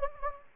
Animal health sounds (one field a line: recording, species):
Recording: mosquito wingbeat signal from an infrared sensor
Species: Anopheles gambiae